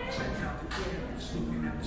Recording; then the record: background sound without coughing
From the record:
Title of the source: 60 minutes of coffee shop sounds for study and concentration